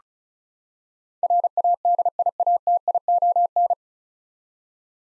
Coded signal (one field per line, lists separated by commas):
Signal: Morse code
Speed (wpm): 36 wpm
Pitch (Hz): 700 Hz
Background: none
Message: RADIATION